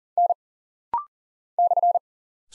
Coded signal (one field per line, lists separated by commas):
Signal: Morse code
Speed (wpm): 43 wpm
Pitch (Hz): 700 Hz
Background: none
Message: N /